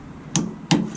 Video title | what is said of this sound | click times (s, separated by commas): How to Install Torklift Camper Tie Downs C2204 | there's our click now | 0.7 s